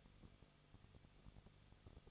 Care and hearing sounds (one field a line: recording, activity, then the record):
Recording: daily activity, microphone in the room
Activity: no activity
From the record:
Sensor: 4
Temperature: 23.0 degrees Celsius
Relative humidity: 34.3%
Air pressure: 1007.3 hPa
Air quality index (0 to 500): 217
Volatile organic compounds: 15 ppm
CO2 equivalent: 2515 ppm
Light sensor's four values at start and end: 2/3/1/1 and 2/3/1/1